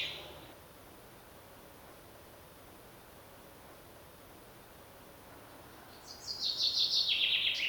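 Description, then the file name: Common chaffinch song after a brief sound at the start and several quiet seconds of steady hiss: a fast trill of sharp notes that drops in pitch and runs to the end. "Fringilla coelebs"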